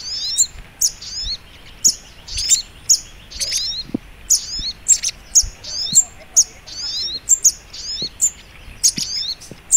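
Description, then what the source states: Little Spiderhunter song: sharp, high tweets in clustered bursts, sometimes doubled, continuing without a break. Masteran (training) recording; song style called labaik.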